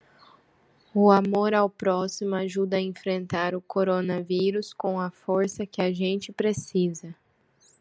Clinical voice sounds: spoken sentence; Brazilian Portuguese; female; 20 to 29 years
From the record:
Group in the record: control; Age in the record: 25 years

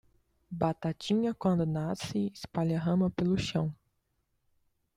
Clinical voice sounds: short text; Brazilian Portuguese; female; 20 to 29 years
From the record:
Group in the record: control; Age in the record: 22 years

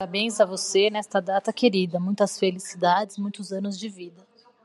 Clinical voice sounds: short text; Brazilian Portuguese; female; 30 to 39 years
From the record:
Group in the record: control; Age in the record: 39 years

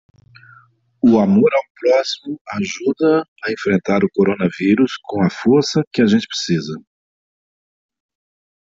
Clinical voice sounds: spoken sentence; Brazilian Portuguese; male; 50 to 59 years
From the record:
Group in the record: control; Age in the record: 54 years

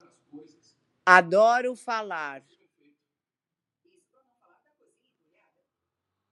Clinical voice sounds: short text; Brazilian Portuguese; female; 60 to 69 years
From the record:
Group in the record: control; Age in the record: 67 years

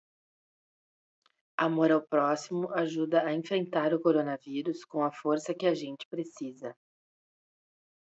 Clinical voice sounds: spoken sentence; Brazilian Portuguese; female; 40 to 49 years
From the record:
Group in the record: control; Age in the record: 45 years

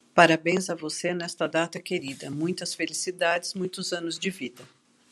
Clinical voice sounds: short text; Brazilian Portuguese; female; 60 to 69 years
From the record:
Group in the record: control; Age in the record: 65 years

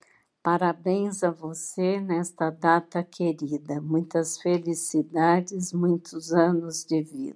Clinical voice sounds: short text; Brazilian Portuguese; female; 60 to 69 years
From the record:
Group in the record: control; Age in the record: 67 years

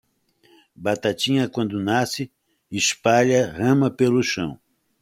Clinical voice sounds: short text; Brazilian Portuguese; female; 20 to 29 years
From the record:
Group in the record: control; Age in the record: 20 years

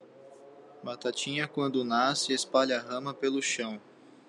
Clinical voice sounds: short text; Brazilian Portuguese; male; 20 to 29 years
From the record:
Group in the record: control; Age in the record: 26 years

